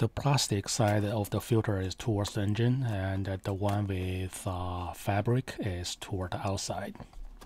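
Someone talks while a carbon filter is handled at the motor housing of a range vent hood, with the plastic side of the filter toward the motor and the fabric side facing outward. The filter is being lined up to twist into place, but nothing has seated or clicked yet.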